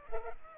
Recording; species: mosquito wingbeat signal from an infrared sensor; Culex pipiens